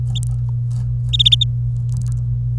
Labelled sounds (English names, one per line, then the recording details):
Domestic Canary song
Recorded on 26 April 2018 at 11:36
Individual llb3